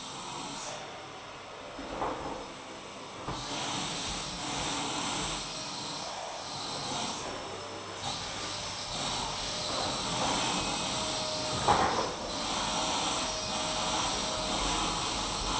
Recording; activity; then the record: daily activity, microphone in the room; vacuum cleaning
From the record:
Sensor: 1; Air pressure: 999.3 hPa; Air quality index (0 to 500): 206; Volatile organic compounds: 48 ppm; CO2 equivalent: 3262 ppm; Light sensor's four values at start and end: 9/21/8/9 and 8/21/8/9